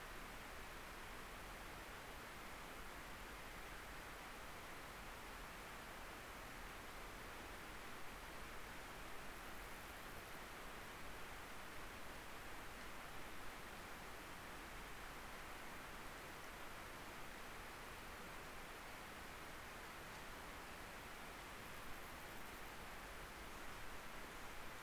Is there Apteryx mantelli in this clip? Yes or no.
no